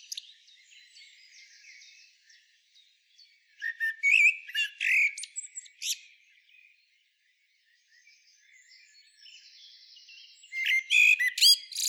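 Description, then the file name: Common blackbird song: two bursts of rich fluty warbling with shrill twittered endings, separated by a quiet stretch with faint bird song behind. "Turdus merula"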